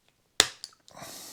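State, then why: Seated. A plastic ball link on the 3-blade rotor head of an Align 550X RC helicopter is pushed onto its metal linkage ball, giving a sharp, bright snap at 0.4 s as it seats. Two fainter ticks follow around 0.6 s and 0.9 s, then a steady low hiss continues to the end.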